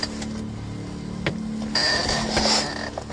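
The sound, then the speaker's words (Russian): A car mirror being adjusted: a few sharp clicks and a brief high, squeaky mechanical whine over a steady low engine-like hum, with no talking. “Зеркало. А что зеркало? На месте. Низко расположено. Ну, обычно я выше поднимаю, когда езжу.”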